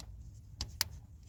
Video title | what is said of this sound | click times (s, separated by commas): Panne moteur 1.5dci Opel vivaro Bougies de préchauffage | Tac. Il faut bien tendre le petit claqu pour être sûr que | 0.8 s